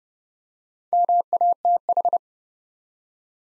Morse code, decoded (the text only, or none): MATH